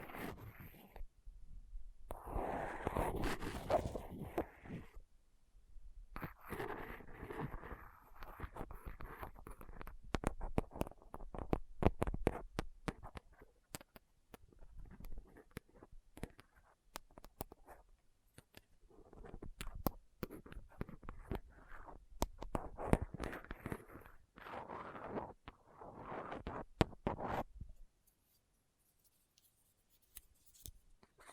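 A dental pick, tweezers and cotton swab scrape and pick at a microphone in dense, uneven bursts of scratching, with short silent gaps throughout.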